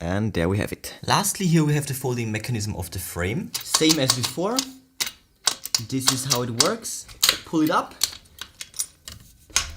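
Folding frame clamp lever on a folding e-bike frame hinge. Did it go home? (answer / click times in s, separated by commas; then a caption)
yes / 9.6 s. Someone talks while the folding frame clamp lever on the hinge of a 2023 Windgoo E20 folding e-bike is pulled up and closed, with light handling clicks along the way. The latch snaps shut with a loud final click at 9.6 s, seating the folding frame mechanism.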